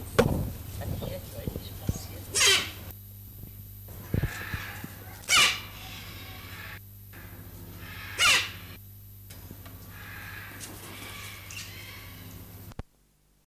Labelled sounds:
Silvery-cheeked Hornbill call
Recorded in captivity
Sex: male
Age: adult
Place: Zoo Berlin, Berlin, DE
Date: 2005-07-17 16:37
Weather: heiter, 21 - 23°C
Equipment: Sony WM-D6C, Sony ECM-MS 907, Kopie Uher 4000 Report Monitor
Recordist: Tembrock, Günter

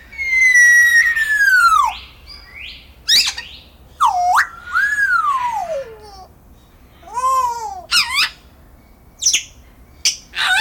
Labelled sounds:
Grey Parrot call
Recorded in captivity
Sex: diverse
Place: Zoo Berlin, Berlin, DE
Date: 1995-09-14 19:07
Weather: leicht bewölkt, 16°C
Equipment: Sony WM-D6C, Sennheiser ME 80, Kopie Uher 4000 Report Monitor
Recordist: Tembrock, Günter
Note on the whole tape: Zwei Tiere: diverse Lautformen, Entfernung ca. 5 m

